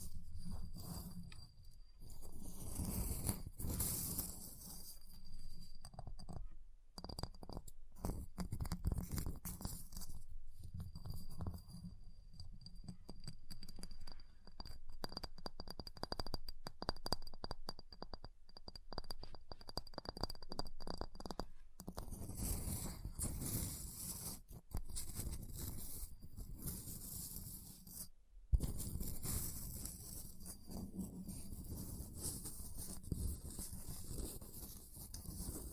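Ice being tapped, scratched and carved, with dense runs of quick scraping strokes and sharp clicks throughout. A faint steady high whine runs through the first twenty seconds, and a louder hard knock stands out around 28 seconds.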